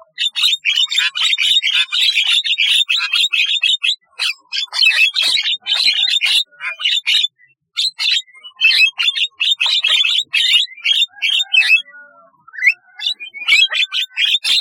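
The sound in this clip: Starling song as a dense, almost continuous stream of scratchy chatter and squeaks, pausing briefly a few times, then resuming with buzzy, jumbled notes.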